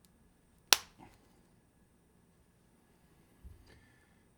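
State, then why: Seated. A press-fit case part, possibly the silver case back or the crystal with its tension ring, carefully lined up to sit perfectly straight, is pressed into a silver watch case for a Patek Philippe 16-250 movement. After a faint tick, it goes in with one loud, sharp snap at 0.7 s, followed by a softer knock and later a low thump of handling. The part is seated and locked in the position it went in.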